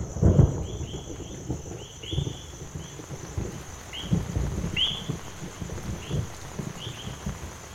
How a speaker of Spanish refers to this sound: y nos vamos despidiendo porque ya se dejó venir la lluvia y se ve que es de la que moja.